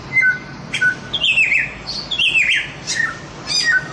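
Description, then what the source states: Chinese grosbeak song with short whistled notes, then two rich, wavering, buzzy phrases that drop in pitch, ending on clear whistles. Samyong (Chinese grosbeak) masteran, a song-training recording.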